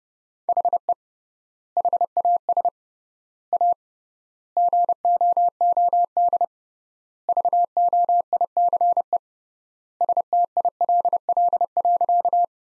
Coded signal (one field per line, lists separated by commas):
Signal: Morse code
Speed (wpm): 31 wpm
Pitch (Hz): 700 Hz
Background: none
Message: HE HAS A GOOD VOICE STILL.